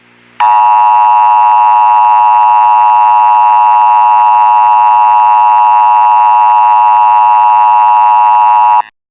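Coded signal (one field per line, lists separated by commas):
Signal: Emergency Alert System (SAME) tones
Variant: 853 and 960 Hz attention tone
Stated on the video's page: Simulated EAS scenario, not a real alert.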